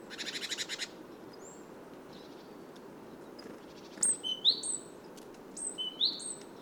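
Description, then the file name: Great tit calls, a rapid buzzy rattle at the start, then pairs of bright sliding high notes after a pause, over a soft hiss. "Parus major"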